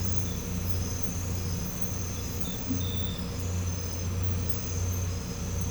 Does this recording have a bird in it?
no